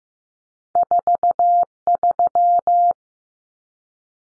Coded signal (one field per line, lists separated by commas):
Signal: Morse code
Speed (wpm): 15 wpm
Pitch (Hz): 700 Hz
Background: none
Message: 43